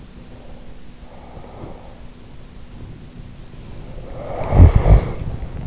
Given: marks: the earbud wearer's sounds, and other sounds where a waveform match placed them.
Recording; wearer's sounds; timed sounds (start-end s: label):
sounds in sleep by an in-ear microphone; breath, snoring breath
0.17-2.16 s: breath
3.35-5.36 s: snoring breath